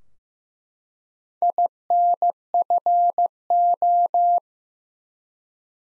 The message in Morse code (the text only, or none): INFO